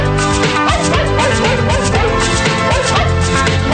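A loud, upbeat novelty song built from dog barks and yips, the barking falling into a steady rhythmic beat over a dense, bright backing track, with no one talking.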